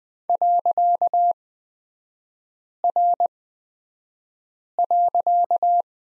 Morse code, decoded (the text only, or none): .R.